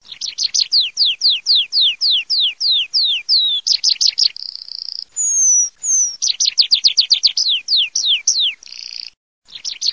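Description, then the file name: Tree pipit song: a fast series of sharp descending notes, then a short trill, drawn-out thin whistles, and another burst of descending notes, a brief pause and more notes. "PRISPOLONECARLO"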